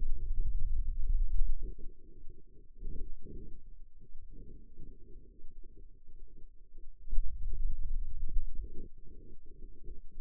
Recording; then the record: forearm muscle sounds (acoustic myography)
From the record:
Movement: hand opening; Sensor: system 2, bracelet of six BSWA MPA416 microphones around the upper forearm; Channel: 5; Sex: male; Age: 22 years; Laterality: right